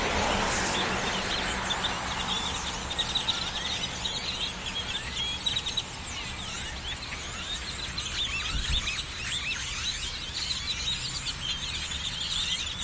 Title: Birds on electrical lines - Binaural field recording, Austin, Texas, 01 2012